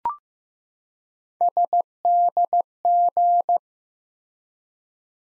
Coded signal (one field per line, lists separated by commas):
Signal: Morse code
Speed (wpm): 15 wpm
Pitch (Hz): 700 Hz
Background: none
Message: SDG